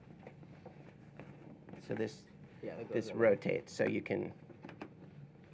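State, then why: Not seated. A light modifier is held and lined up against the bayonet mount of a Bowens studio strobe, ready to be pushed in and twisted home, with faint handling ticks and taps around it while someone talks. Nothing has seated or locked yet.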